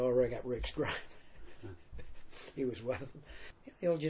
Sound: chuckle